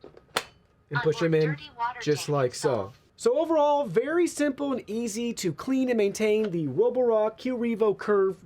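A plastic dirty water tank for a Roborock Qrevo Curv 2 Flow robot vacuum is lined up and pushed into its docking station, giving one sharp, loud knock or click at 0.4 s as it seats. Someone then talks for the rest of the clip.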